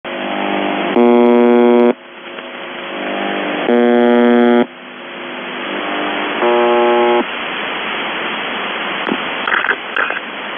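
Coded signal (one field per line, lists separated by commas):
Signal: numbers station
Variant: UVB-76 (The Buzzer)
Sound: three harsh, low, roughly one-second buzzes separated by hissing radio static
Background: radio static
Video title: The Buzzer/UVB-76(4625Khz) June 28, 2021 08:11UTC Voice message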